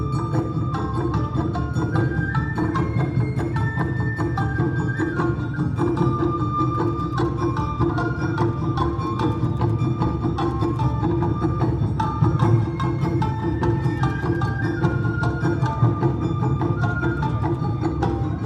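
An Awa Odori dance troupe performs at Songshan Ciyou Temple in Taipei. A bright, piercing melody steps up and down above a thick, constant low rumble of drumming, with sharp metallic clicks and strikes dotted throughout. The loudness stays steady for the whole stretch.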